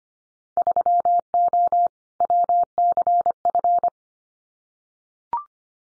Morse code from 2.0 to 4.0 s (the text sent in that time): WCF